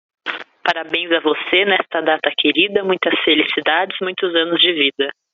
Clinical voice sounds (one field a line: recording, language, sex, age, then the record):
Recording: short text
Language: Brazilian Portuguese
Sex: female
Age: 20 to 29 years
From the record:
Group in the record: control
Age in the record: 27 years